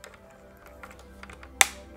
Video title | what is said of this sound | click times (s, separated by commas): A tour of my LEGO collection - Model 3 Owners Club | can get it just right it should click in | 1.6 s